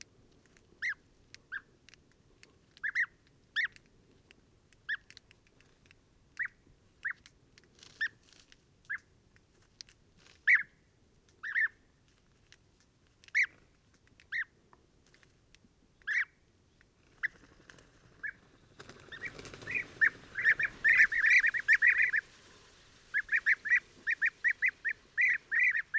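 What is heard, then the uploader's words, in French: European bee-eaters gather at an evening roost, giving short, bright calls at a steady pace for the first eighteen seconds. Then the calling thickens into a dense, overlapping chorus with a low rumble beneath, before easing back to quick bursts near the end. Dortoir de Guêpier d'Europe - Mauritanie. Les Guêpiers d'Europe (Merops apiaster) commencent une prè-migration et se rassemblent le soir pour dormir, ici, dans un très grand acacia.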